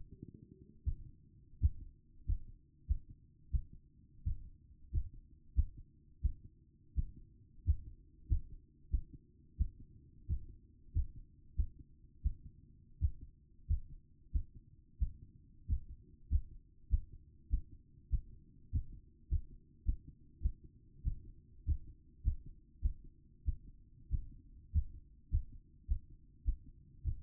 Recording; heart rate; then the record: heart sounds by stethoscope; 96 bpm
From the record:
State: after exercise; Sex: female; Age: 27 years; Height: 169 cm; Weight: 63 kg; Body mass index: 22.06